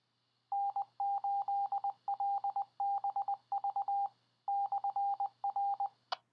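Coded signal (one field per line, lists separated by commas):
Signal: Morse code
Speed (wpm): 20 wpm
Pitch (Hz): 800 Hz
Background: radio noise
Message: N8LBV/R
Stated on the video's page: Ham repeaters heard on the 1.25 m and 70 cm bands, including a simplex repeater and a linked repeater system on 145.310, 147.360, 224.160, 443.875 and 927.0125 MHz.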